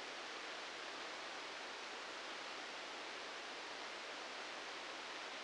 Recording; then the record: brain microelectrode recording played as sound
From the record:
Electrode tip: outside the subthalamic nucleus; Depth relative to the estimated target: 0 mm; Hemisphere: left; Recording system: NeuroSet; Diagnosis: Parkinson's disease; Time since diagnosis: 19 years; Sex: female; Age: 69 years